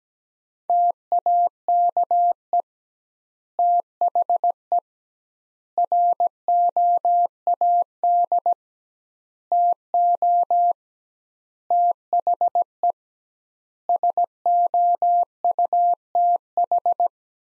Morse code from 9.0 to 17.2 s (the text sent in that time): TO THE SOUTH